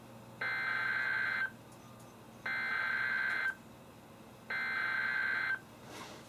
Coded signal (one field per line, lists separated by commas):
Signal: Emergency Alert System (SAME) tones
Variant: header bursts